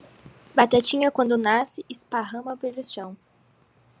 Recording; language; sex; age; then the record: short text; Brazilian Portuguese; female; 18 to 19 years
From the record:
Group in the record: control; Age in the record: 18 years